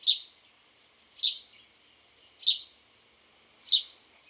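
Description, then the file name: House sparrow sounding four loud chirps about 1.2 seconds apart, with quieter short notes and a light hiss behind. "Passer domesticus"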